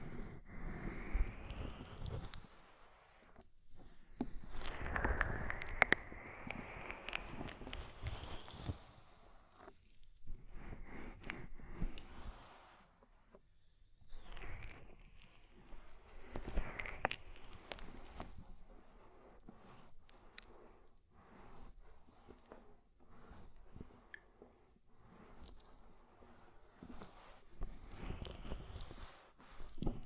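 An ear massage with oil and foam: wet, squishy rubbing and crackling textures that come in bursts, strongest around five to eight seconds and again near fifteen to eighteen. Between bursts there are short quiet gaps and soft taps, with sharp clicks scattered throughout.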